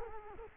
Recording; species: mosquito wingbeat signal from an infrared sensor; Culex quinquefasciatus